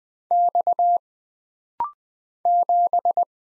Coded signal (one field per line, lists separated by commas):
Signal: Morse code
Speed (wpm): 20 wpm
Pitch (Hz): 700 Hz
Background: none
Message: X 7